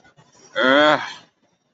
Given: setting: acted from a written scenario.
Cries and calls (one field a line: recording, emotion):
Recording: vocal sound without words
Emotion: anger